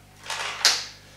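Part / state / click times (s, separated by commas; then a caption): break barrel closing into the air rifle's receiver lock / seated / 0.6 s. After cocking and loading, the barrel of a Gamo Shadow DX break-barrel air rifle is swung shut into the receiver lock. A softer, noisy movement starts around 0.3 s, followed by a short, sharp click at 0.7 s. The barrel locks into place and the rifle is loaded.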